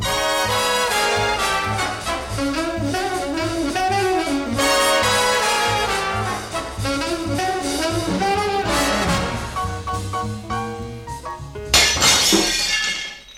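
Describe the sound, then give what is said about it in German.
Lively music from a band plays steadily, then near the end a sudden loud burst of shattering glass cuts in as a stone, thrown too early, smashes through the window pane of the fireplace room of detective Bob Klemmerle. “Dieser Stein, meine Damen und Herren, der außer der Fensterscheibe beinahe auch noch die rostfreie Biedermeier-Standuhr im Kaminzimmer des Meisterdetektivs Bob Klemmerle zertrümmert hätte, dieser Stein wurde leider etwas zu früh geworfen.”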